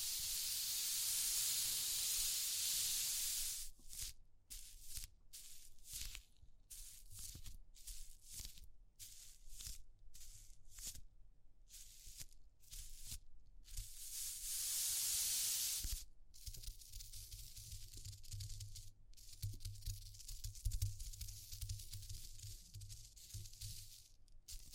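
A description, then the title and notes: A study of textures opens with a steady, bright hiss, then breaks into choppy bursts cut by short silences. The hiss returns around thirteen seconds, and after sixteen seconds a dense, crackling grain settles in over a low hum until the end. ASMR Exploring Textures (No Talking).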